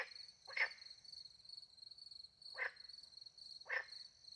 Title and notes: Frogs and crickets, France. Frogs and crickets in the countryside by night. The microphones were hidden in a tree close to a little pond